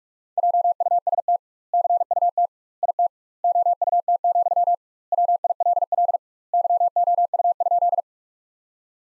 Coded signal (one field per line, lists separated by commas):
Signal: Morse code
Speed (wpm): 46 wpm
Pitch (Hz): 700 Hz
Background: none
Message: JUST CUT IT OUT, WILL YOU?